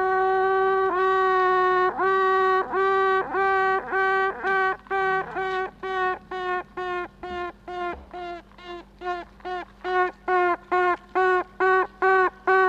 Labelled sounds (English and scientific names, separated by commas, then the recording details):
Honey Bee (Apis mellifera)
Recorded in captivity
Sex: female
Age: imago
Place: Zoologisches Institut der HUB, Berlin, DE
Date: 1964-06-16 19:30
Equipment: BG 26/1, Grundig-Mikrofon
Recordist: Tembrock, Günter